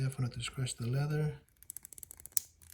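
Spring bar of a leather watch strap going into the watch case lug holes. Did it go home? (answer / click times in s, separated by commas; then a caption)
yes / 2.4 s. A spring bar on a handmade leather watch strap is compressed with a tool, taking care not to scratch the case, and released into the lug hole of an Islander Aviator Automatic Watch ISL-47. Someone talks for the first 1.4 seconds, then small metallic ticks follow as the bar is worked. A sharp click at 2.4 s marks the spring bar seating in the lug.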